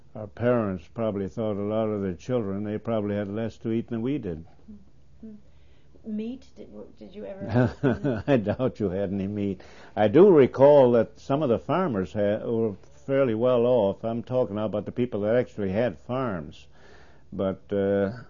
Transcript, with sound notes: our parents probably thought a lot of the children they probably had less to eat than we did.
Meat, did you ever--
(He laughs.) I doubt you had any meat. I do recall that some of the farmers had, who were fairly well-off, I'm talking now about the people who actually had farms, but, uh,